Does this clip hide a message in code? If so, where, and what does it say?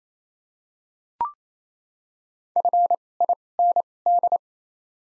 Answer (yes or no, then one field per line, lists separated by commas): yes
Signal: Morse code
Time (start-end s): 2.6-4.4 s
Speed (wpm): 27 wpm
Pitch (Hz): 700 Hz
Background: none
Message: F I N D